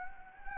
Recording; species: mosquito wingbeat signal from an infrared sensor; Anopheles gambiae